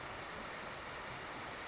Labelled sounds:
California Towhee (Melozone crissalis)
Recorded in Sonoma County, California

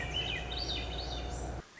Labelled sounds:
Swainson's Thrush (Catharus ustulatus)
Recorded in Sonoma County, California

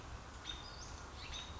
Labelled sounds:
Western Flycatcher (Empidonax difficilis)
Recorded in Sonoma County, California

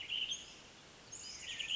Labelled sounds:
Chestnut-backed Chickadee (Poecile rufescens)
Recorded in Sonoma County, California

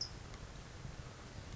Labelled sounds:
California Towhee (Melozone crissalis)
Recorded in Sonoma County, California

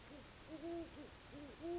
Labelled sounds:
Great Horned Owl (Bubo virginianus)
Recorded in Sonoma County, California

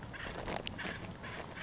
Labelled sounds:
Acorn Woodpecker (Melanerpes formicivorus)
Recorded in Sonoma County, California

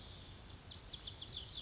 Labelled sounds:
Pacific Wren (Troglodytes pacificus)
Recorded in Sonoma County, California

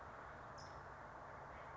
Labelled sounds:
California Towhee (Melozone crissalis)
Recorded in Sonoma County, California

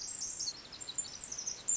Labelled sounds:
Pacific Wren (Troglodytes pacificus)
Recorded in Sonoma County, California

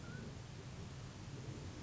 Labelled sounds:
Mountain Quail (Oreortyx pictus)
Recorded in Sonoma County, California

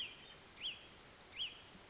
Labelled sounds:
Western Flycatcher (Empidonax difficilis)
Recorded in Sonoma County, California

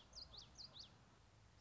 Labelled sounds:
Common Yellowthroat (Geothlypis trichas)
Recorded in Sonoma County, California

